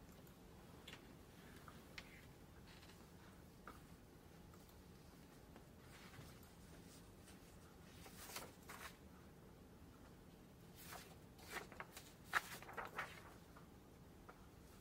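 Library ambience in Glasgow: a steady low hum and murmur runs throughout, with scattered small clicks, taps and rustles. Around eight seconds and again from eleven to thirteen seconds the handling noises bunch together and grow a little louder, with a sharp knock near twelve seconds.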